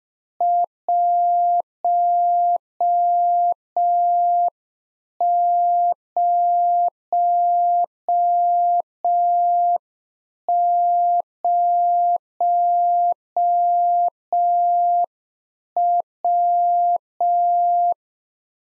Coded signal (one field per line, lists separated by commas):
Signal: Morse code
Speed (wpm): 5 wpm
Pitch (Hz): 700 Hz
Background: none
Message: 100W